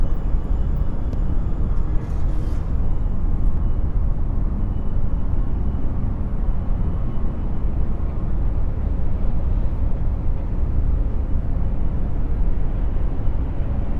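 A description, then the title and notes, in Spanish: A city soundscape dominated by a dense, steady low rumble of traffic, heavy in the bass. The level barely changes across the whole stretch. Faint higher hisses and brief clicks surface in the first few seconds, with a light airy hiss throughout. Paisaje Sonoro de la Ciudad | Sonidos desde el Horizonte con Ondas Binaurales Delta. Les invitamos a unirse a nosotros a 20 pisos sobre el bullicioso paisaje urbano. Un tapiz de sonidos que crean un reconfortante murmullo de ruido browniano.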